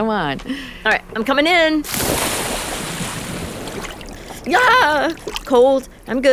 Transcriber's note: splash